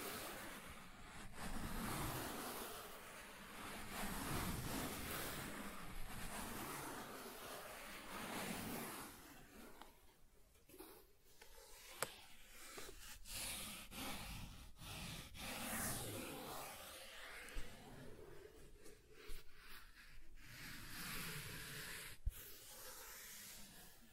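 Soft tracing across smooth and rough surfaces, a steady rushing rub that is dense and full for the first nine seconds or so. After that it thins and grows patchier, broken by scattered sharp ticks and scrapes, with a brief crisp snap near the twenty-two second mark.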